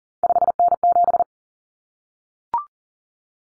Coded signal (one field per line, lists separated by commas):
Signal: Morse code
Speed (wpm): 40 wpm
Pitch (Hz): 700 Hz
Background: none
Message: 5N7